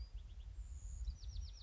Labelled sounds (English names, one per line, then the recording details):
Bewick's Wren
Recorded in Sonoma County, California